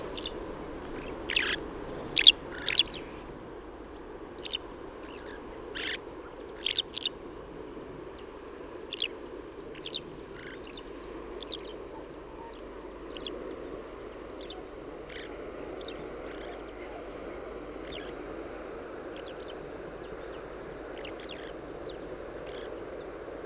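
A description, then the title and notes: A Eurasian skylark sings in quick, bright bursts of chirps and trills, densest in the first twelve seconds and then thinning to scattered, fainter notes. A steady low rumble, like traffic, runs underneath the whole time. Eurasian Skylark Alauda arvensis. Small passerine, slightly larger than a sparrow. Hof, Germany, Mathias Putze.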